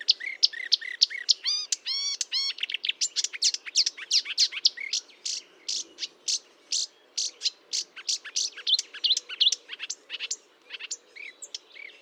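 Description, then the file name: Marsh warbler pouring out a hurried song of nasal rolls, sharp clicks and chirps, repeated in rapid bursts without pause. Recorded at Fontaine-Française (Fourneau), France, on 1 June 2022 at 10:55, using a Nagra recorder with a Telinga parabolic microphone. "Rousserolle verderolle 1055 Fontaine-Francaise-Fourneau"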